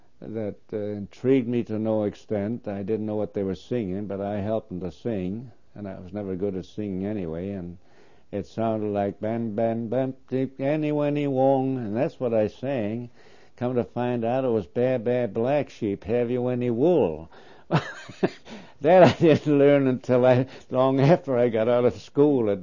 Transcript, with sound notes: that uh, intrigued me to no extent, I didn't know what they were singing but I helped them to sing and I was never good at singing anyway and it sounded like bam bam wonk, wonk, ta, ta, tak ta-- (he sings) and that's what I sang, come to find out it was, "Baa, baa black sheep, have you any wool". (he laughs) That I didn't learn until long after I got out of school.